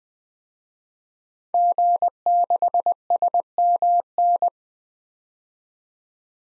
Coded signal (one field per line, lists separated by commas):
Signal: Morse code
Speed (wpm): 20 wpm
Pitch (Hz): 700 Hz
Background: none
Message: G6SMN